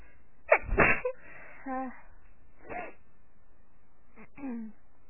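One loud explosive sneeze from an adult woman, then softer sneeze-like bursts with voiced tails.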